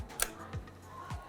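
A video camera battery pack is slid into its mount and pushed down until it clicks home at 0.2 s with a sharp, bright snap. A softer low thud follows shortly after. The battery is now fully seated and can no longer move.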